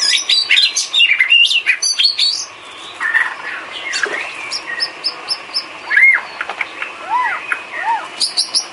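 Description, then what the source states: Bird: bird song with dense high chattering at first, then spaced chirps and a few clear arched whistles. Complete masteran set of bird chirping, used to train birds.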